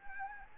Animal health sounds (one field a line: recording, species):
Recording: mosquito wingbeat signal from an infrared sensor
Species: Anopheles gambiae